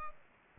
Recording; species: mosquito wingbeat signal from an infrared sensor; Culex pipiens